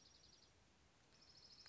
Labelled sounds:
Dark-eyed Junco (Junco hyemalis)
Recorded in Sonoma County, California

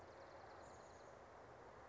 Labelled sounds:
Chestnut-backed Chickadee (Poecile rufescens)
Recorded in Sonoma County, California

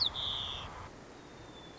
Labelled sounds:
White-crowned Sparrow (Zonotrichia leucophrys)
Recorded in Sonoma County, California

